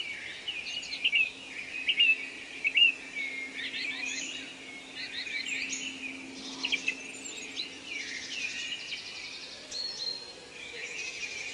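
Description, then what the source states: Birds twittering: several short, high chirps early on, then a busy overlapping chorus of faint trills and tweets against constant hiss. Birds singing in a forest, presented as soothing nature sleep sounds.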